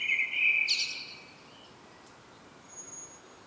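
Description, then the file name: Common blackbird song fragment: the end of a fluty phrase that rises into a brief squeaky flourish and then fades to silence. "Turdus merula"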